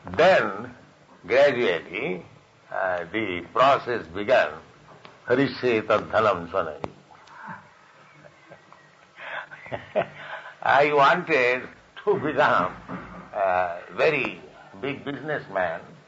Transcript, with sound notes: Then gradually the process began, hariṣye tad-dhanaṁśanaiḥ (chuckles) I wanted to become very big businessman,